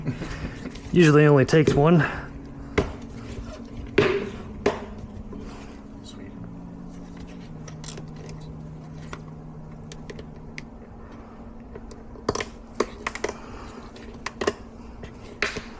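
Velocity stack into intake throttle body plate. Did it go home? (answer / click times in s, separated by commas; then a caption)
yes / 2.8 s, 4.0 s, 12.3 s, 12.8 s, 13.1 s, 15.4 s. Velocity stacks are pressed by hand onto the intake of a BMW S1000XR motorcycle, clipping into the throttle-body plate while someone talks. Sharp clicks ring out at 2.8, 4.0, 12.3, 12.8, 13.1 and 15.4 seconds as the stacks seat in place.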